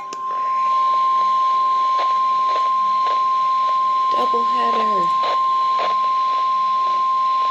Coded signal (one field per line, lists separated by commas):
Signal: Emergency Alert System (SAME) tones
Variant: 1050 Hz attention tone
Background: speech